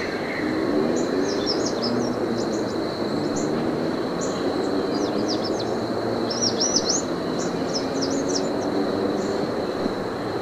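American redstart giving high, thin, sweeping notes in quick strings almost throughout, over constant low rumbling noise.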